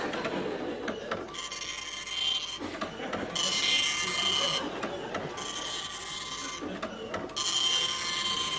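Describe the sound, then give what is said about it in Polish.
An old receipt printer grinds out a slip in four long, raspy mechanical bursts, each separated by a brief pause, the buzzing feed sound staying fairly loud and even throughout. “Długo się drukuje. Stara drukarka.”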